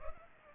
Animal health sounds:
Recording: mosquito wingbeat signal from an infrared sensor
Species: Culex pipiens

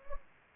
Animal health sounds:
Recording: mosquito wingbeat signal from an infrared sensor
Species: Anopheles gambiae

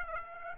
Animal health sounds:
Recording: mosquito wingbeat signal from an infrared sensor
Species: Aedes aegypti

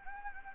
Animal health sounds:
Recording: mosquito wingbeat signal from an infrared sensor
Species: Anopheles gambiae

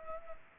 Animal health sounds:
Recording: mosquito wingbeat signal from an infrared sensor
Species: Culex pipiens

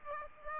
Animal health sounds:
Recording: mosquito wingbeat signal from an infrared sensor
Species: Aedes aegypti

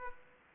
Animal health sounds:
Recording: mosquito wingbeat signal from an infrared sensor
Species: Aedes aegypti

